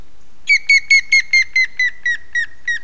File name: hamvas küllő kiáltás